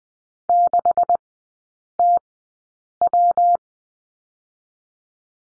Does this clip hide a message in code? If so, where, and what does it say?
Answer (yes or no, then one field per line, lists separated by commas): yes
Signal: Morse code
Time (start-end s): 0.5-3.6 s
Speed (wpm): 20 wpm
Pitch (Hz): 700 Hz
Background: none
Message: 6TW